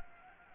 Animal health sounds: mosquito wingbeat signal from an infrared sensor; Anopheles gambiae

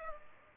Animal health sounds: mosquito wingbeat signal from an infrared sensor; Aedes aegypti

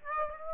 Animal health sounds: mosquito wingbeat signal from an infrared sensor; Aedes aegypti

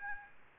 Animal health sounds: mosquito wingbeat signal from an infrared sensor; Aedes albopictus

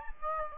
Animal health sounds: mosquito wingbeat signal from an infrared sensor; Aedes albopictus

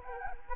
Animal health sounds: mosquito wingbeat signal from an infrared sensor; Anopheles arabiensis

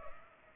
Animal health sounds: mosquito wingbeat signal from an infrared sensor; Culex pipiens

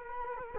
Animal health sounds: mosquito wingbeat signal from an infrared sensor; Culex quinquefasciatus

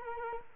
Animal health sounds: mosquito wingbeat signal from an infrared sensor; Culex quinquefasciatus

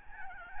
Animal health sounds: mosquito wingbeat signal from an infrared sensor; Aedes albopictus

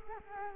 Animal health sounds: mosquito wingbeat signal from an infrared sensor; Culex quinquefasciatus

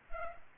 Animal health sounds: mosquito wingbeat signal from an infrared sensor; Culex pipiens

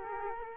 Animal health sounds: mosquito wingbeat signal from an infrared sensor; Culex quinquefasciatus

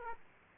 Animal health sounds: mosquito wingbeat signal from an infrared sensor; Aedes aegypti

